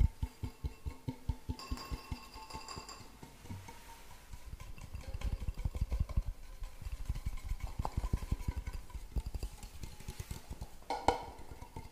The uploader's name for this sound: Tapping Overload